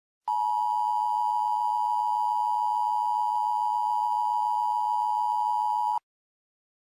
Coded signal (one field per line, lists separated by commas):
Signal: Emergency Alert System (SAME) tones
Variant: 853 and 960 Hz attention tone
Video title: EAS